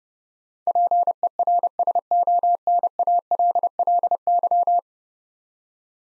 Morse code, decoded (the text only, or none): PERSONALLY